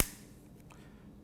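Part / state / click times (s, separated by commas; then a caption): battery pack into camcorder battery mount / seated / 0.6 s, 0.7 s. A battery pack is slid up from the bottom of a Canon R72 camcorder body into its battery mount and latches into place. After a sharp transient at the very start, two faint clicks are heard at 0.6 s and 0.7 s over a low background hum. The battery is seated.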